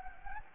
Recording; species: mosquito wingbeat signal from an infrared sensor; Anopheles gambiae